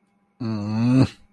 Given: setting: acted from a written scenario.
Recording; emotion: vocal sound without words; disappointment